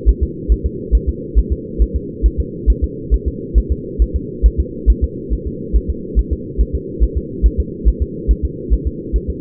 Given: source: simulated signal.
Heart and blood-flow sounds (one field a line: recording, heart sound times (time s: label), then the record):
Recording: fetal heart sounds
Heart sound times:
0.09 s: S1
0.23 s: S2
0.52 s: S1
0.66 s: S2
0.95 s: S1
1.09 s: S2
1.39 s: S1
1.53 s: S2
1.82 s: S1
1.96 s: S2
2.26 s: S1
2.40 s: S2
2.70 s: S1
2.84 s: S2
3.14 s: S1
3.28 s: S2
3.58 s: S1
3.72 s: S2
4.02 s: S1
4.16 s: S2
4.46 s: S1
4.60 s: S2
4.90 s: S1
5.04 s: S2
5.33 s: S1
5.47 s: S2
5.76 s: S1
5.90 s: S2
6.19 s: S1
6.33 s: S2
6.61 s: S1
6.75 s: S2
7.03 s: S1
7.17 s: S2
7.46 s: S1
7.60 s: S2
7.88 s: S1
8.02 s: S2
8.31 s: S1
8.45 s: S2
8.73 s: S1
8.87 s: S2
9.16 s: S1
9.30 s: S2
From the record:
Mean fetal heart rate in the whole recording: 140 bpm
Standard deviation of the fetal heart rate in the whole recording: 2 bpm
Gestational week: 34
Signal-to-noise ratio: -4.1 dB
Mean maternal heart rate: no maternal heart sound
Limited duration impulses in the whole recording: absent